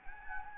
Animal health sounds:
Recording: mosquito wingbeat signal from an infrared sensor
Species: Anopheles gambiae

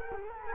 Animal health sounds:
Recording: mosquito wingbeat signal from an infrared sensor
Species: Culex quinquefasciatus

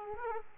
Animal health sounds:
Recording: mosquito wingbeat signal from an infrared sensor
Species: Aedes aegypti

